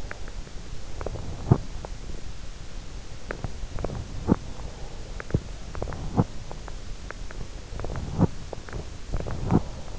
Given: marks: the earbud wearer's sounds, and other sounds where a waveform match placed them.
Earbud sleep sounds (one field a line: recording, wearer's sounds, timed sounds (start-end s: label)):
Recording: sounds in sleep by an in-ear microphone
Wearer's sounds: teeth grinding, breath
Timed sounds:
0.00-0.21 s: teeth grinding
1.15-1.93 s: teeth grinding
3.20-4.45 s: teeth grinding
4.45-5.22 s: breath
5.22-6.68 s: teeth grinding
7.42-8.85 s: teeth grinding
9.10-9.91 s: teeth grinding